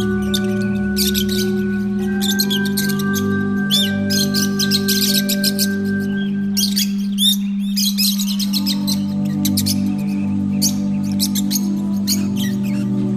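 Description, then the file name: Lovebirds chattering, dense runs of shrill chirps and squawky notes, accompanied by constant held tones of background music. Lovebirds, used for audio therapy. "audio terapi lovebirds"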